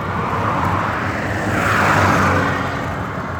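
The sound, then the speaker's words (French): Steady roar of road traffic in Turkey with several vehicles passing, including a bus and a Mercedes, a broad rumbling wash that swells in the middle and eases off again. No voices. “Ah, il y a plein de voitures.”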